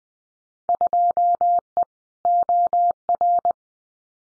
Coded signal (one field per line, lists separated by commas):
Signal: Morse code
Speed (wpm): 20 wpm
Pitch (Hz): 700 Hz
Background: none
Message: 2E OR